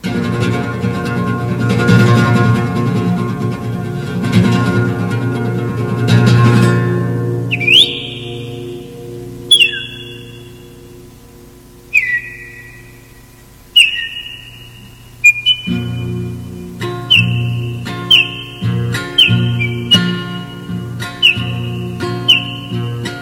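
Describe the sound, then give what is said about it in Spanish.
A person whistles in imitation of a thrush's song in a folk song: a series of sharp, high, sliding notes, slowly spaced at first, then quicker, over soft guitar chords that open the piece and return beneath. “Traigo coplas de Montiel, de Yucatán secular, con un silbar armonioso, las de un zorzal.”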